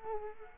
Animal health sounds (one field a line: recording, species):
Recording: mosquito wingbeat signal from an infrared sensor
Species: Culex quinquefasciatus